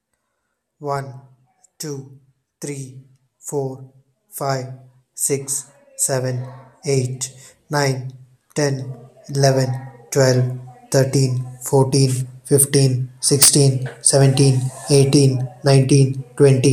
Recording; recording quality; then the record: counting at a normal pace; excellent, no background noise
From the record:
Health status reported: healthy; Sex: male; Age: 25 years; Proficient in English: yes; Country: India